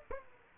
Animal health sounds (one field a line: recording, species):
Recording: mosquito wingbeat signal from an infrared sensor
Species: Aedes aegypti